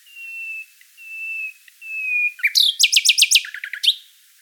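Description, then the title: Common nightingale song: three slow pure whistled notes followed by a fast, loud rattling series of repeated chirps. "Sylvain Jaskowiak - Mes piafs. Rossignol Philomèle"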